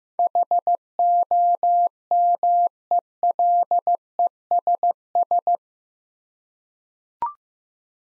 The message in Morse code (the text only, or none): HOMELESS